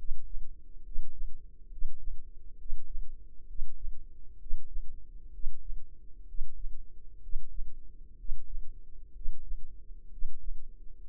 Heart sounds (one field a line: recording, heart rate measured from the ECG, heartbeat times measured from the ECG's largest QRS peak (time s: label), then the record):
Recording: heart sounds by microphone in the left ear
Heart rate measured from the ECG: 64 bpm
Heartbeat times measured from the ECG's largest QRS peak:
0.81 s: heartbeat
1.67 s: heartbeat
2.55 s: heartbeat
3.44 s: heartbeat
4.36 s: heartbeat
5.29 s: heartbeat
6.24 s: heartbeat
7.18 s: heartbeat
8.14 s: heartbeat
9.11 s: heartbeat
10.07 s: heartbeat
11.05 s: heartbeat
From the record:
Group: healthy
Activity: breath hold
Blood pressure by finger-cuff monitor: 100/53 mmHg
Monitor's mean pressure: 63 mmHg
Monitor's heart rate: 63 bpm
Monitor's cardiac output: 5.1 L/min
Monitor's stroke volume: 79 mL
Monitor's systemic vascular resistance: 890 dyn s/cm5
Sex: male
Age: 25 years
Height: 170 cm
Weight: 70.4 kg